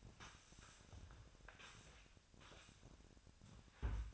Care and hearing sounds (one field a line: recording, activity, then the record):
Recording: daily activity, microphone in the room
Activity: sweep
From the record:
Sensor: 2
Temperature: 25.5 degrees Celsius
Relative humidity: 38.8%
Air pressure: 1006.8 hPa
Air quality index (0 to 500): 198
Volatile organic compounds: 13 ppm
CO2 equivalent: 2426 ppm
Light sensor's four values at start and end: 9/22/9/9 and 9/22/9/9